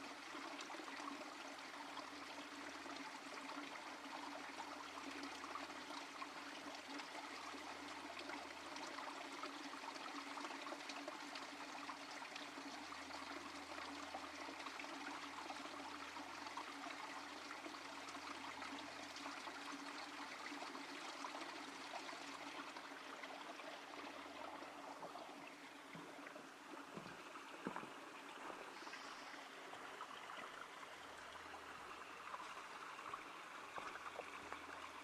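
Forest ambience in Portland's Ancient Forest Preserve, filled by a steady, dense rush of flowing water like a stream. A low hum comes and goes beneath it. After about 25 seconds the rush eases slightly, with a few soft knocks and a brief high chirp near 29 seconds.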